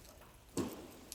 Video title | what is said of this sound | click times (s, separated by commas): MSA SCBA Training Video #2 | they will just pop off nicely done | 0.6 s